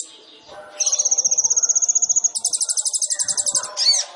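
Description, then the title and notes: Sunbird song: a fast, even trill of very high notes for about a second and a half, then a higher, buzzier rapid trill, ending in a short sweeping note. Indonesian masteran training recording of a gacor (actively singing) sunbird, full of isian (fills) and luxurious tembakan (bursts), suitable as pancingan to prompt other birds to sing. "KOLIBRI NINJA FULL ISIAN DAN TEMBAKAN. Suara Burung Kolibri Ninja Gacor"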